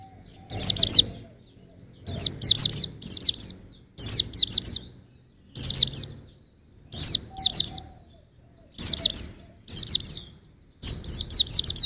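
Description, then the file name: White-eye song of sharp, high descending chirps in quick short bursts, separated by brief pauses. "suara burung pleci usro"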